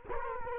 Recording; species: mosquito wingbeat signal from an infrared sensor; Culex quinquefasciatus